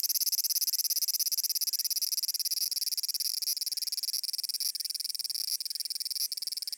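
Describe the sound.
Cicada producing a continuous high-pitched pulsing buzz, steady and dense throughout, with a few faint breaks in the rhythm.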